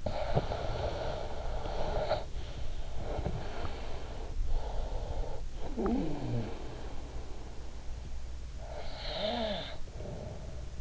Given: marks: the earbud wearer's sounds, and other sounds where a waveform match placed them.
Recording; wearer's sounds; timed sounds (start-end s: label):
sounds in sleep by an in-ear microphone; snoring breath
0.00-4.38 s: snoring breath
4.56-8.18 s: snoring breath
8.54-10.81 s: snoring breath